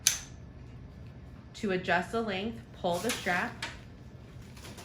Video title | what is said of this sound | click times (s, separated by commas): Posey buckle restraints | securing the male Buckle to the female Buckle uring that you hear a snap | 0.1 s